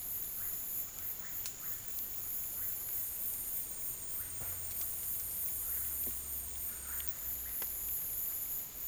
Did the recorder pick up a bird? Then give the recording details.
yes. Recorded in dense forest near Puerto Asís, Putumayo, Colombia, on 23 June 2025 at 13:30. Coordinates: 0.503, -76.323. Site G059